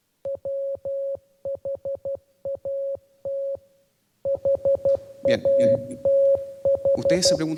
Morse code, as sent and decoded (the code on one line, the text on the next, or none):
.-- .... .- - / .... .- - ....
WHAT HATH